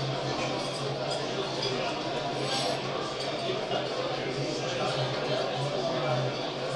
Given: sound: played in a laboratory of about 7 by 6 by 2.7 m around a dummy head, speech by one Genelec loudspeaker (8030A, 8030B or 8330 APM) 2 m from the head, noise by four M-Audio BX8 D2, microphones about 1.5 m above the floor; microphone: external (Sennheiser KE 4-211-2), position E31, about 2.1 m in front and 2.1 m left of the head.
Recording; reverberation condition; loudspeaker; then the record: cafeteria noise; medium; four, about 170 cm from the corners of the room and facing them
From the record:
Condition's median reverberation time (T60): about 510 ms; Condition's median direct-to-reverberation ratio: about -0.5 dB